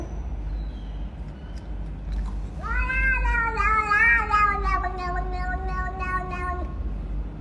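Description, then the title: Cat meow: a long sustained wavering cry lasting about four seconds, rising then slowly falling, over a low background hum. A cat that seems to talk. "Talking cat is real"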